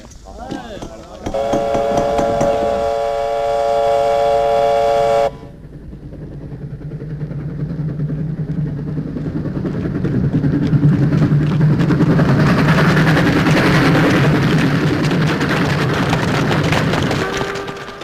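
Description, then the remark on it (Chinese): A steam train whistle blares a steady, chord-like tone for a few seconds, then a loud rumbling clatter of the train rolling on rails builds and continues with rhythmic clacking. “晚上老红带领飞虎队杀上火车，结果了山口。”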